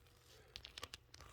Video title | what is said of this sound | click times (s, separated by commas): Mazinkaiser Skl gx 102. Soul of chogokin review pt 2. | satisfying click right in to the chest | 0.6 s